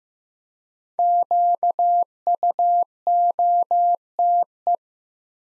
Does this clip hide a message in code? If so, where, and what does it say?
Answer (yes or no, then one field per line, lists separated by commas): yes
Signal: Morse code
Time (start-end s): 1.0-4.8 s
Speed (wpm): 15 wpm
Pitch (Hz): 700 Hz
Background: none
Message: QUOTE